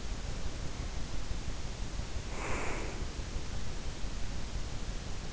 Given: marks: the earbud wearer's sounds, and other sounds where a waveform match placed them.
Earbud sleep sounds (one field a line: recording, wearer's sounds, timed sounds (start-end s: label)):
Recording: sounds in sleep by an in-ear microphone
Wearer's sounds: breath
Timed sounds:
2.07-3.20 s: breath